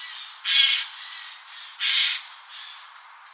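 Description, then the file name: Eurasian jay calling with two loud, hoarse, rasping screeches about 1.3 seconds apart, followed by faint scratchy notes. "Garrulus glandarius"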